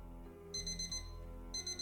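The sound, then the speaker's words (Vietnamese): A phone alarm rings at midnight to wake someone, in bursts of rapid, high-pitched electronic beeps, pausing briefly before starting again, loud over a low steady hum. “12 giờ đêm, tiếng chuông báo thức từ điện thoại vang lên đánh thức Giang”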